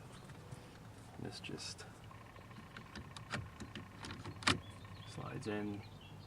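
A replacement wiper control stalk switch for a 2015 Scion xB, part of an intermittent wiper modification, is handled and slid toward its mount in the steering column switch housing while someone talks. Faint ticks and light taps are heard, with one louder tap near 4.5 s. Nothing has seated or clicked yet.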